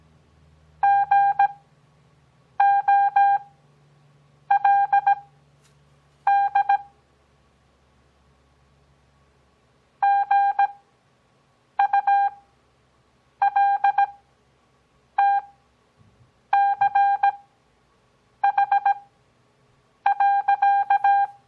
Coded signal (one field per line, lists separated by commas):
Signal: Morse code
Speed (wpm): 17 wpm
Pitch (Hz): 800 Hz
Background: none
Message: GOLD GULTCH.